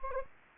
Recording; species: mosquito wingbeat signal from an infrared sensor; Anopheles gambiae